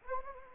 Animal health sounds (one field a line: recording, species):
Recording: mosquito wingbeat signal from an infrared sensor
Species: Anopheles gambiae